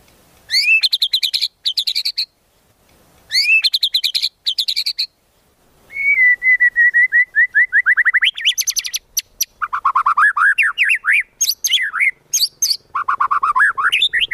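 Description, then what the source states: White-rumped shama song: rapid trilled rising phrases, pauses, then a long varied run of buzzy rattles and sweeping whistled notes, loud and clear. Used as a trapping lure.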